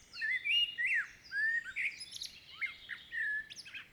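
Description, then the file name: Common blackbird song: a flowing run of mellow fluted whistles that rise and fall, mixed with brief high twitters, nearly continuous throughout. "Turdus merula"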